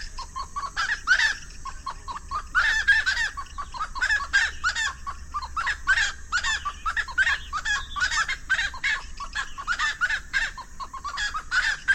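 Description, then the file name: Russet-naped wood rail calls: loud, raucous cackling bursts repeated rapidly and irregularly throughout, with harsh clucking notes between phrases and a steady low background hum. "Golosa ptic - Ryzheshapochnyj lesnoj pastushok Aramides albiventris"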